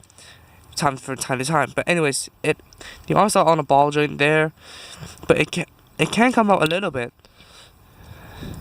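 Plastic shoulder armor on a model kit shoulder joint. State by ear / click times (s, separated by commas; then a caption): not seated / none. Someone talks while handling the plastic shoulder armor on the ball-jointed shoulder of a 1/144 HG Io Frame Shiden model kit, raising it a little, with faint handling sounds between the words. Nothing has seated or clicked yet.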